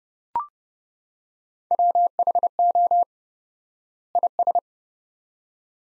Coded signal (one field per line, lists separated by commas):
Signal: Morse code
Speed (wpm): 30 wpm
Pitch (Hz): 700 Hz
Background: none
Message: WHO IS